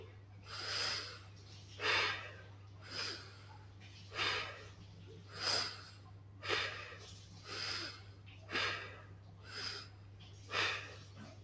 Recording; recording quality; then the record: shallow breathing; moderate, slight background noise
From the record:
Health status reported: healthy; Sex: male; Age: 21 years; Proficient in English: yes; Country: India